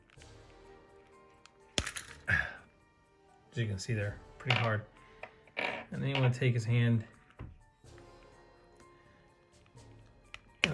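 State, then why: Seated. A replacement hand is worked onto the wrist peg of a plastic NECA Universal Monsters TMNT Ultimate Raphael as Frankenstein's Monster action figure while someone talks over quiet background music, with a few small plastic handling taps along the way. At 10.6 s there is a sharp snap as the hand seats onto the peg and plugs right in.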